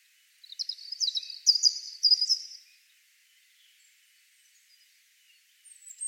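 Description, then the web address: European robin giving one short, high warbled phrase of rapid tinkling notes, followed by quiet and a faint thin note at the end. "cianscape birddata Deverinetal 2025 Bird Only Er Ru"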